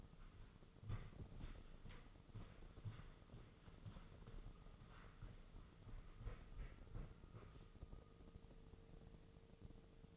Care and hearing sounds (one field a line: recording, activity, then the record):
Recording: daily activity, microphone in the room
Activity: walk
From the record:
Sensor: 4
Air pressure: 996.7 hPa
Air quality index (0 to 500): 246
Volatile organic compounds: 413 ppm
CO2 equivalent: 4693 ppm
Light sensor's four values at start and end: 50/124/51/51 and 53/129/53/54